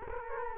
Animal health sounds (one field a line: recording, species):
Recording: mosquito wingbeat signal from an infrared sensor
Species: Culex quinquefasciatus